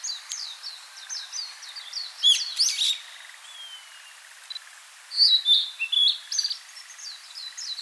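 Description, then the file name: Blue-and-white flycatcher song: a rapid series of short high notes, then a louder burst, a pause, and another loud sweet whistled phrase. "Cyanoptila cyanomelana"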